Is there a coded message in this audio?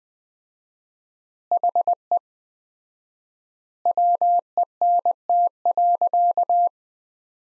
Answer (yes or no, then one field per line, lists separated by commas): yes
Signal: Morse code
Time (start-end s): 1.5-6.7 s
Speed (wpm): 19 wpm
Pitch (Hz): 700 Hz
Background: none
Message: HE WENT.